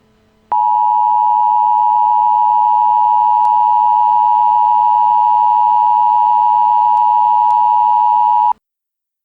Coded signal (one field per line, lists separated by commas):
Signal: Emergency Alert System (SAME) tones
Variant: 853 and 960 Hz attention tone